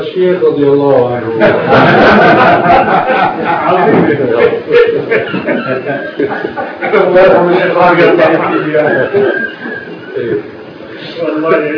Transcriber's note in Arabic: ضحك الحضور